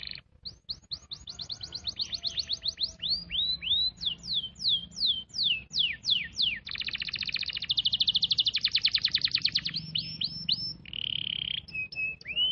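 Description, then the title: Canary singing a long varied sequence of sweeping downslurred notes, a dense rapid trill, and short whistled phrases, each section changing pattern every few seconds. Canary song in the cengkok mewah style, a song pattern named in Indonesian. "Cengkok Kenari Mewah. Suara kenari cengkok mewah"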